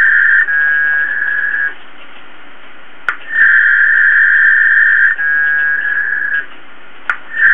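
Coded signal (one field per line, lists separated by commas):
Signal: packet radio (AX.25, as in APRS)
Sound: four warbling two-tone data bursts, about one to two seconds each, separated by radio hiss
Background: radio static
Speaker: i'm going to send just random characters and non-words eight or ten words per line and just see how much throughput we can get over a good connection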